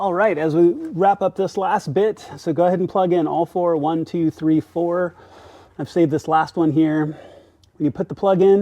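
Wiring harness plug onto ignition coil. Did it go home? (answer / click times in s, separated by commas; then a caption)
no / none. Wiring harness plugs are being pushed onto the ignition coils of a BMW/Mini B48 engine, with the last coil's plug still being handled, while someone talks. No click is heard, and nothing has seated or clicked yet; the clip ends just before the last connector goes home.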